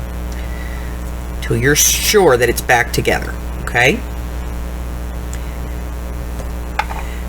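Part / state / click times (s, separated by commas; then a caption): metal jump ring closed on a paperclip charm / seated / 6.8 s. Someone talks while pushing the two open ends of a small metal jump ring back together on a paperclip charm dangle. After a fainter tick at 5.3 s, a sharp click at 6.8 s marks the ring ends clicking closed, and the jump ring is seated.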